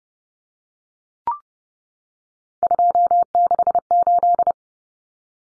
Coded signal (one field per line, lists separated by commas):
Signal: Morse code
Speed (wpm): 30 wpm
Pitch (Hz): 700 Hz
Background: none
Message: 268